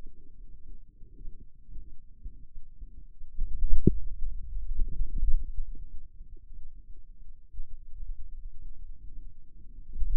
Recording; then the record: forearm muscle sounds (acoustic myography)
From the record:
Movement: hand closing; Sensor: system 2, bracelet of six BSWA MPA416 microphones around the upper forearm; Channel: 3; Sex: male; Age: 22 years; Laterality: right